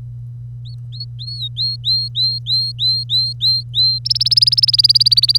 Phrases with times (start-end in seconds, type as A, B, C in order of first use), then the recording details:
0.65-3.99 A, 4.05-5.38 B. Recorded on 25 April 2018 at 07:55. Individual llb3